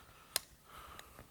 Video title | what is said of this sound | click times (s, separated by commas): Diagonal Wall Cabinet Assembly | and then you just squeeze the side here and it clicks into place | 0.4 s